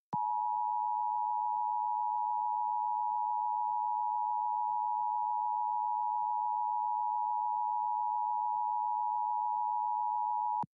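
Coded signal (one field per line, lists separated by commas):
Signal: Emergency Alert System (SAME) tones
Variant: 853 and 960 Hz attention tone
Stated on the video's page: Heard during live AM/mediumwave DXing of 1160-1224 kHz on an Airspy HF+ Discovery SDR with a 16x53-foot KAZ antenna.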